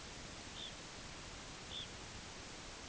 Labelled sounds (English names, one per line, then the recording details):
Red Phalarope
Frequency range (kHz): Red Phalarope 2.1-4.5 kHz
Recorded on Arctic tundra, site UTQI-8, on 8 June 2019
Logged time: 12:00